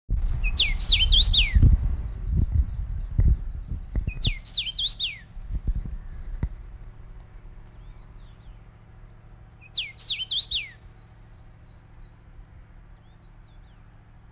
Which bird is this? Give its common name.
Common Rosefinch